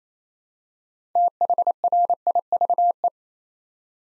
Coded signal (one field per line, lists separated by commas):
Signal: Morse code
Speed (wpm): 29 wpm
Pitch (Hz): 700 Hz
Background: none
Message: THRIVE